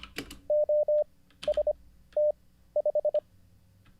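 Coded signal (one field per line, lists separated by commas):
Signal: Morse code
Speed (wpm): 25 wpm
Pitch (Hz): 600 Hz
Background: none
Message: OST5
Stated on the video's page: Morse code learned live.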